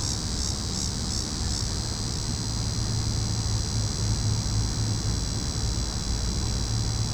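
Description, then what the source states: Cicadas drone at a high pitch, their pulsing strong at first and then smoothing into a steady buzz, over a low rumble. Cicadas calling in a tree.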